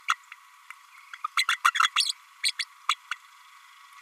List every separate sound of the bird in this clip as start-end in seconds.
0.08-0.17, 1.24-1.27, 1.37-1.46, 1.48-1.57, 1.64-1.72, 1.82-1.90, 1.96-2.12, 2.43-2.52, 2.59-2.64, 2.88-2.95, 3.11-3.14